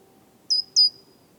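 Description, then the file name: Great tit calling with a pair of sharp, high-pitched notes, the second trailing off into a faint thin whistle. "Parus major"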